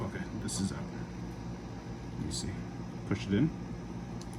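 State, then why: Not seated. Someone talks while handling a Bandai Tamashii Nations XXXG-00W0 Wing Gundam Zero (EW) GU-07 action figure, about to push a part that snapped out back into its plastic joint socket, with a steady low hum in the background. Nothing has seated or clicked yet; the part is not yet home.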